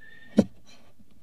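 An iPhone 5 slides down the rails of an HLO ProClip car mount holder onto its lightning connector and snaps in with one sharp click at 0.4 s, over a faint steady high tone. The phone is seated and fits firmly.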